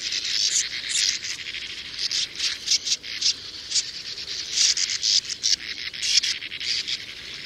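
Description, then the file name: Sand martins chattering with harsh, scratchy buzzes, many overlapping rasps pulsing irregularly throughout. "Brzegówka"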